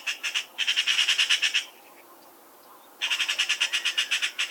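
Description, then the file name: Eurasian magpie producing dry, rasping rattles, quick repeated notes in two long bursts split by a short silence. "Pica pica"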